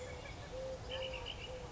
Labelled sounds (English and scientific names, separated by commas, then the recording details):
Eurasian Collared Dove (Streptopelia decaocto)
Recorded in Sonoma County, California